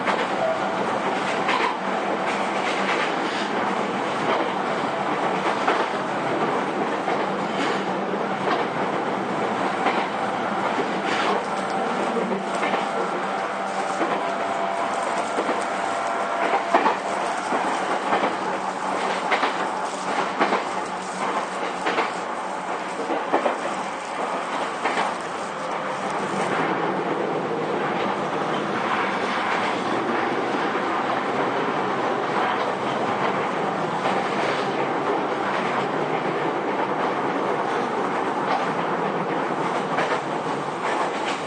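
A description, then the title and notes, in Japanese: A JR East E231 series train rides between Ito and Yokohama, with a steady, dense rumble of wheels and running noise throughout. Faint clicks and knocks from the rails recur irregularly, and around the 26-second mark the tone drops a little lower and duller. JRE231系 伊東〜横浜。区間は伊東線→東海道線です。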